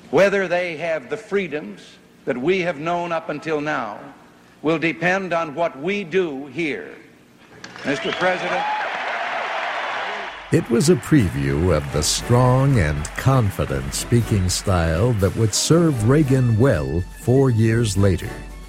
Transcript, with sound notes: Whether they have the freedoms that we have known up until now will depend on what we do here. Mister President…” [Cheering]
It was a preview of the strong and confident speaking style that would serve Reagan well four years later.